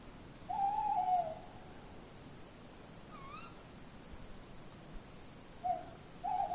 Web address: linnut lehtopollo